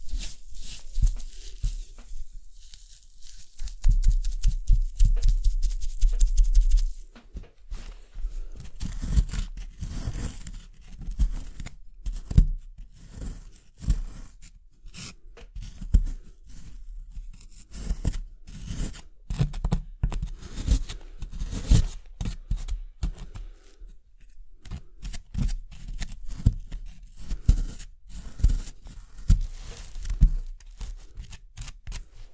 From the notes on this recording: Sounds maked with an excavation kit, like archaeological excavation.